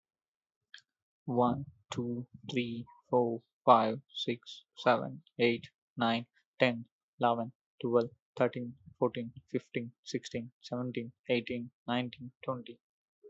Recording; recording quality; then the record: counting at a normal pace; excellent, no background noise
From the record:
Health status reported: healthy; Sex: male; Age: 24 years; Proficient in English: yes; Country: India